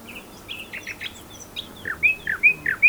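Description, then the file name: Common nightingale song: short varied chirps and slurred notes followed by a few loud, clear whistled notes sliding down in pitch. "Luscinia megarhynchos"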